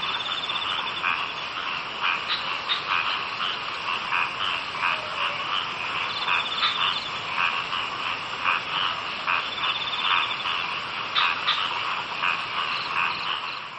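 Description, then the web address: Frogs calling in a dense chorus: many overlapping, rapid clicking croaks and pulsed trills that run on without a break. "kaeru frog"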